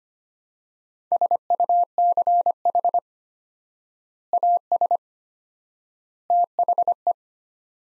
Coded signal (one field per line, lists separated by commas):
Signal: Morse code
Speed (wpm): 25 wpm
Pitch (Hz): 700 Hz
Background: none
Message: SUCH AS THE